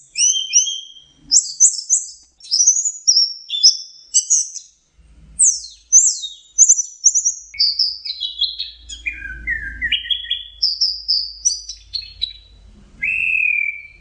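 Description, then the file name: Orange-headed thrush pouring out a long, varied song of rich whistled notes, rising and falling slurs and chirpy trills, over a faint low background hum in the middle. Masteran (training) recording of the song. "suara masteran anis merah"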